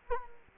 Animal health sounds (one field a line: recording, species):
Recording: mosquito wingbeat signal from an infrared sensor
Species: Culex quinquefasciatus